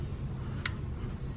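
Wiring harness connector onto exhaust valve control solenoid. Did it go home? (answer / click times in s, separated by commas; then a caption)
yes / 0.7 s. On a 2015-2020 Kia Optima engine, the wiring harness connector is pushed onto a new Bank 1 exhaust valve control solenoid, installed to fix fault code P0078. A single short, sharp click is heard at 0.7 s over a steady low hum. The connector locks and is seated on the solenoid.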